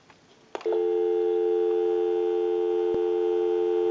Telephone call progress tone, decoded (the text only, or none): dial tone